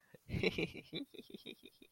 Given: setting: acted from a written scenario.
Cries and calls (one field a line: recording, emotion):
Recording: vocal sound without words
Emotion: embarrassment